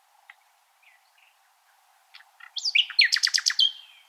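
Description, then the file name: Common nightingale song: faint scattered notes, then a loud high swoop and a rapid rattling series of about eight notes. "Luscinia megarhynchos"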